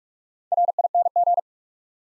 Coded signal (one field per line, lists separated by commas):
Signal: Morse code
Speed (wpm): 44 wpm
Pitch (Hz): 700 Hz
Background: none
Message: RING